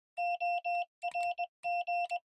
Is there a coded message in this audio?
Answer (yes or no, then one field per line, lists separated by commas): yes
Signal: Morse code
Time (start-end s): 0.2-2.2 s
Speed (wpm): 20 wpm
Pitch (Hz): 700 Hz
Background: none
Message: ORG